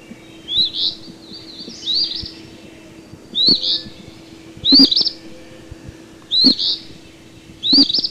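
Eastern phoebe calling in brisk, buzzy bursts at short intervals, with faint clicks and a steady low hum.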